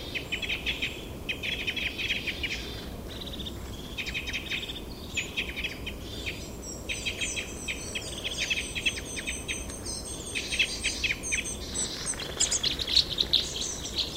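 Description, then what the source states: Red crossbill calls: many short, high chipping notes in bursts throughout, with a steady background hiss. Recorded 15 November 2014 in the Rusel area.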